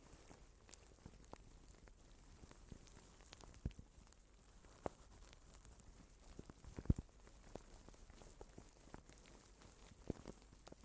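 Plastic wrap crinkles softly in a continuous, dense patter of tiny crackles, like light rain on a surface. Sharper pops stand out now and then, strongest near seven seconds and again around ten, over a quiet, steady hiss.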